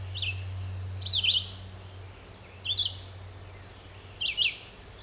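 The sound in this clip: Red-eyed vireo singing four short, slurred phrases spaced about a second or more apart, with a low hum running through the first half.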